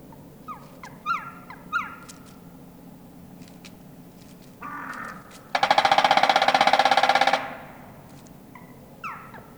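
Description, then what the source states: Black Woodpecker calls and drumming: short descending notes in quick groups, then a dense, rapid, even drum roll lasting almost two seconds, followed by more falling notes. Field recording from Finland, released in 1988 on cassette.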